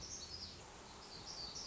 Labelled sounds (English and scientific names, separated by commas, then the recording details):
Black-throated Gray Warbler (Setophaga nigrescens)
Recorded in Sonoma County, California